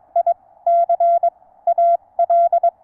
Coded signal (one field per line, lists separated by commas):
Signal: Morse code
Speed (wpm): 22 wpm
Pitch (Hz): 680 Hz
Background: none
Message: ICAL